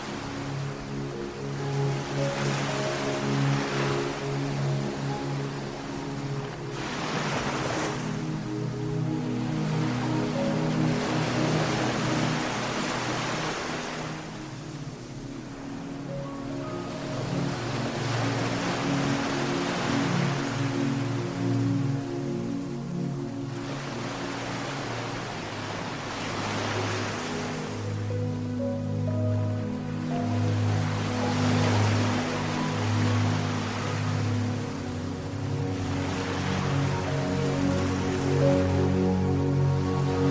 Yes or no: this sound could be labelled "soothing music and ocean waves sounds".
yes